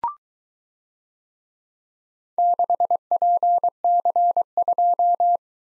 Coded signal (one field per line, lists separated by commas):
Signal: Morse code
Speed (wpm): 22 wpm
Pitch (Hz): 700 Hz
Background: none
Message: 6PC2